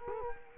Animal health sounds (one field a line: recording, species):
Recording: mosquito wingbeat signal from an infrared sensor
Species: Culex quinquefasciatus